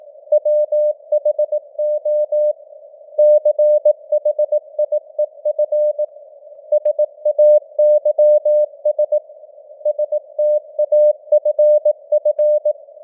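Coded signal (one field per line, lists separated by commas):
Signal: Morse code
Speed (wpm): 18 wpm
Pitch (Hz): 600 Hz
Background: none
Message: WHO CHIEF SAYS STAFF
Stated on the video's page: Morse code news headlines at 18 wpm with simulated radio noise and varying signal strength (QSB).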